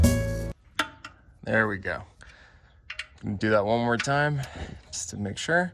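A click torque wrench tightens the oil drain plug on a 2012 Jeep JK with the 3.6L Pentastar during an oil change, with music playing at the start. The wrench gives a sharp click at 0.8 s, confirming it reached its torque setting. Someone then talks.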